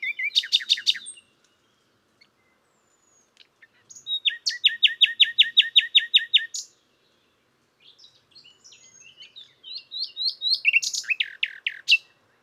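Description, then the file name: Common nightingale song: three separate phrases, an opening burst of sharp notes, then a steady run of repeated notes, and a final varied chattering phrase. "Luscinia megarhynchos"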